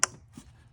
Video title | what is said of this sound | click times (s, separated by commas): Jeep Patriot Spark Plugs Replacement How-To | and then go ahead and put your connector back on here you'll hear it click | 0.0 s